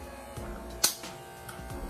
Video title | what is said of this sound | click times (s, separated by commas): Quarantine Haircut Quick tutorial | Okay, so you hear the snap. | 0.8 s